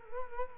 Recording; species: mosquito wingbeat signal from an infrared sensor; Culex quinquefasciatus